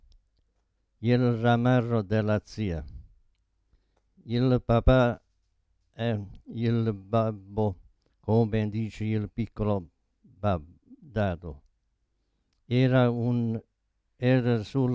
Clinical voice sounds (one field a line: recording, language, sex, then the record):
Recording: read passage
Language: Italian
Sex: male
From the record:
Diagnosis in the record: Parkinson's disease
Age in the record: 72 years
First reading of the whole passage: 118 s, 4.4 characters per second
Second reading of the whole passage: 99 s, 5.2 characters per second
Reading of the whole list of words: 88 s, 3.2 characters per second